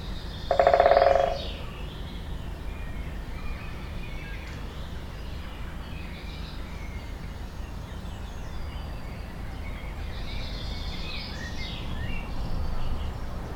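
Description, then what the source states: Woodpecker drumming, one fast burst of even taps lasting under a second near the start, with soft songbird chirps and whistles continuing faintly afterward. Binaural recording.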